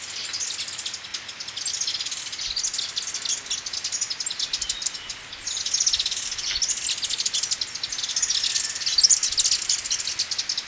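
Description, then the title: Black-crested warbler song: high, rapid chipping phrases repeated throughout over a steady background hiss. "Myiothlypis Nigrocristata"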